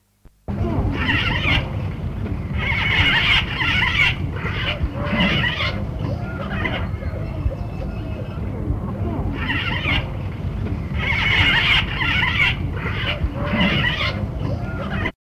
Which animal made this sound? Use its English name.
Chestnut-tailed Starling